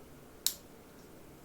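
The plastic body shell of a Graham Farish N gauge Class 91 Intercity 225 model locomotive is pressed down onto its chassis. One sharp, bright click sounds at 0.5 s over a quiet background, and the shell is seated in place.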